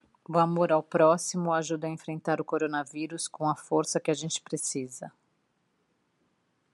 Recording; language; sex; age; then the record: spoken sentence; Brazilian Portuguese; female; 40 to 49 years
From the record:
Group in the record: control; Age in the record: 45 years